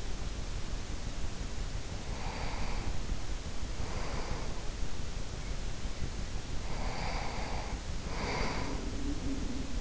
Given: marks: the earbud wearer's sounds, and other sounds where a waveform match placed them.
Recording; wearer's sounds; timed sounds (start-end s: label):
sounds in sleep by an in-ear microphone; breath
1.63-4.99 s: breath
6.28-9.81 s: breath